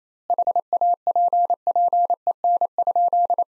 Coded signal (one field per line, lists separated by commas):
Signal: Morse code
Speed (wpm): 28 wpm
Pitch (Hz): 700 Hz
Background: none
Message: HAPPEN?